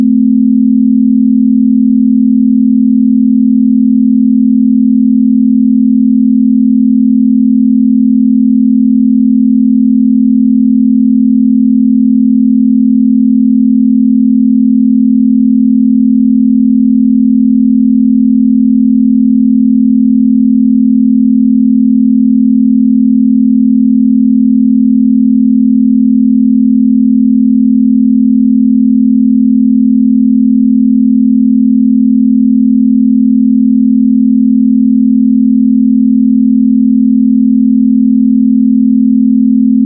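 A pure binaural beat at 40Hz, heard as a single smooth, low-pitched tone that holds perfectly steady for the whole forty seconds. There are no pauses, swells or other sounds, just the constant hum at an even level.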